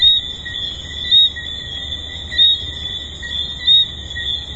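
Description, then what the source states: Tree frogs calling: a high ringing chorus with a few louder notes at intervals. Recorded at Hedonism II resort.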